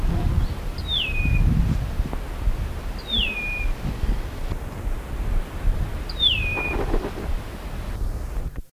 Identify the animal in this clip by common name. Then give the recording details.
Cape Wagtail. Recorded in the wild. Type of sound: call. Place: Farm Komatzas. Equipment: Halbspur, 9,5 cm/s. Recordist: Lütgens, Hans. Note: Rufe